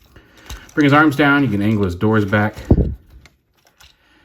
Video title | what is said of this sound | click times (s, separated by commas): Video Review: Transformers Earthrise - Deluxe BLUESTREAK | push that down until it clicks into place sometimes you'll get a really loud click and sometimes it'll just kind of pick | 0.5 s